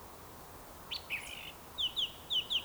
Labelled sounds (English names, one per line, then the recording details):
Eurasian Woodcock whistle
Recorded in Baden-Württemberg, Germany, on 27 June 2020 at 19:53 UTC
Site 43791, 788 m above sea level